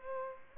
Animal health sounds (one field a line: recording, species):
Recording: mosquito wingbeat signal from an infrared sensor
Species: Culex pipiens